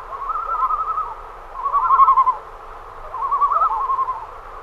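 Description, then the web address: Common loon giving wavering tremolo calls, three quavering laughing phrases separated by short pauses. "great northern loon"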